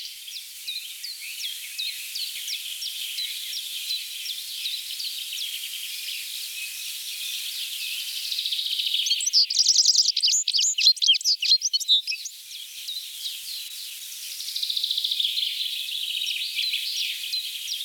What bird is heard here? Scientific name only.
Carduelis citrinella